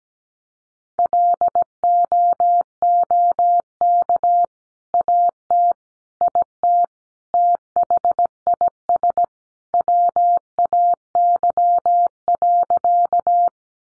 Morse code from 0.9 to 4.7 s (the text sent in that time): LOOK